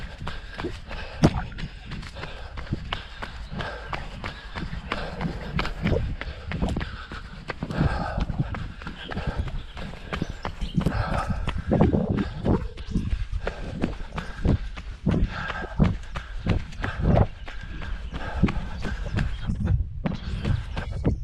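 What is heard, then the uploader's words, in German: Footfalls of a runner on a forest trail, steady, thudding at a quick regular pace for the whole stretch. Each step gives a low thump with a light crunch of ground underfoot, over a soft rustling background, with a brief lull near the end. Trailrunning im Aaper Wald, GoPro7 Hero Black in der rechten Hand.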